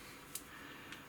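A small guide is fitted underneath and pressed into the plastic top slide of a Tokyo Marui FN5-7 gas blowback airsoft pistol during slide re-assembly, a tight fit that is hard to click in. Two sharp clicks are heard at 0.3 s and 0.9 s over a steady low background hiss. The guide is seated in place.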